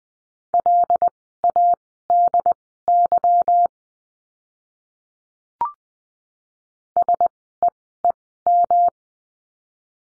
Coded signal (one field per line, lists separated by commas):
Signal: Morse code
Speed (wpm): 20 wpm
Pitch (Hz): 700 Hz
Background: none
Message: LADY SEEM